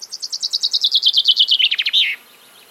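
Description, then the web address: Common chaffinch song, a trilled series of notes gradually falling in pitch, ending with a short flourish. "Deverinetal 2025 File origin Bird Only Fr Co"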